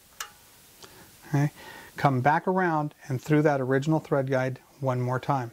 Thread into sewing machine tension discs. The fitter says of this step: Key feature here, you have to snap it and hear it snap into place inside the tension discs.